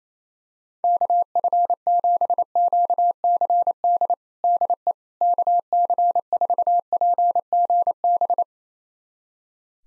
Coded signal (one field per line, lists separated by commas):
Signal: Morse code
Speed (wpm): 27 wpm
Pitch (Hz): 700 Hz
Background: none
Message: KF7QCD DE KC4PGB